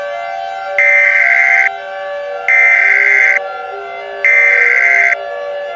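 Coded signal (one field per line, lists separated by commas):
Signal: Emergency Alert System (SAME) tones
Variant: header bursts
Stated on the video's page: Fictional EAS scenario, a made-up alert rather than a real broadcast.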